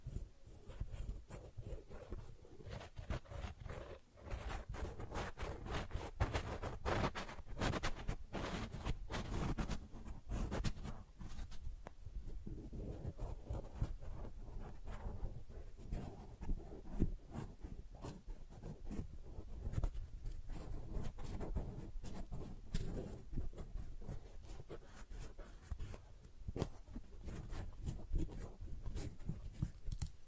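Tingly flower sounds: dense, steady crinkling and rustling with quick scratchy taps throughout, briefly pausing near four seconds before resuming.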